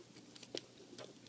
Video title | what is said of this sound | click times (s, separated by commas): Transformers: Prime First Edition Bumblebee | this tabs into that little tooth right there so now you've got that locked into place | 0.6 s